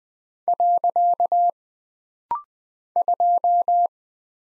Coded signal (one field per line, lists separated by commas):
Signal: Morse code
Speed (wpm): 20 wpm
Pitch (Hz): 700 Hz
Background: none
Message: . 2